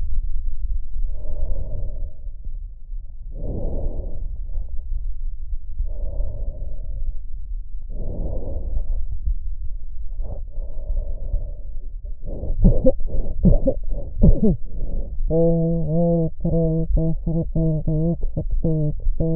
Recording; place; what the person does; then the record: lung sounds by stethoscope; left posterior basal chest; quiet breathing, then cough and speech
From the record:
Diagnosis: interstitial lung disease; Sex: female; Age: 72 years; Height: 158 cm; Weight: 69 kg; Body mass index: 27.6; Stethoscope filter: extended mode